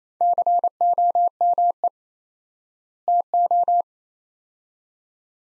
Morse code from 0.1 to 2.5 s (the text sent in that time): COME